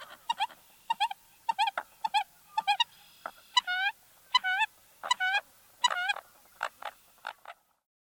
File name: American Coot